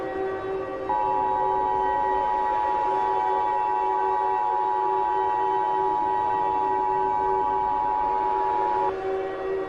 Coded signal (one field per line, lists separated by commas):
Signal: Emergency Alert System (SAME) tones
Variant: 853 and 960 Hz attention tone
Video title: EAS Mini Mock: Clay Steps On A Lego Brick